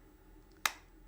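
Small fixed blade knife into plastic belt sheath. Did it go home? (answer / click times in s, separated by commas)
yes / 0.7 s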